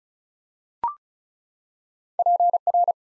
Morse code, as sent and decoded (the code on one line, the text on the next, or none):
.--. .-.
PR